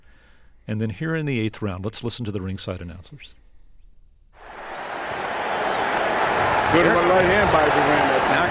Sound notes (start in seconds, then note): 4.4 soundbite of shouting fans; 5.5 Soundbite of 1982 fight rematch, Leonard vs. Duran